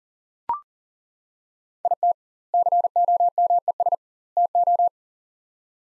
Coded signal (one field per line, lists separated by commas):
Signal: Morse code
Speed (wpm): 40 wpm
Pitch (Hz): 700 Hz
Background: none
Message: IT COMES TO